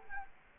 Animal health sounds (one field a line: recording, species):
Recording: mosquito wingbeat signal from an infrared sensor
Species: Culex quinquefasciatus